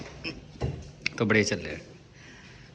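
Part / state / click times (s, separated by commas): lock of a sliding aluminium window frame / seated / 1.1 s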